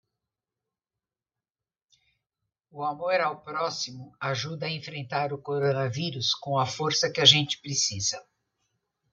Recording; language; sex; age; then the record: spoken sentence; Brazilian Portuguese; female; 60 to 69 years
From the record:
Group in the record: control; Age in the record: 65 years